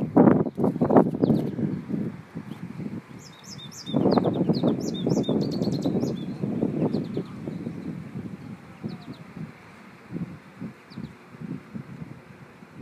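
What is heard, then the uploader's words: A goldfinch calls in quick, high, twittering bursts, clustered mostly between about three and six seconds, with scattered thin notes elsewhere. Loud, irregular low rumbles and knocks dominate the foreground, heaviest at the start and around four to six seconds. Goldfinch calling; pardon the wind noise.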